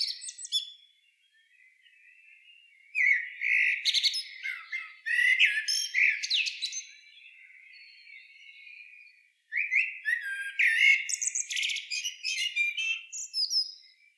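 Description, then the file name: Common blackbird chattering calls, harsh squawky bursts with high twittery notes, in four bouts at the start and at about three, five and nine and a half seconds, a thin steady tone between. "Turdus merula"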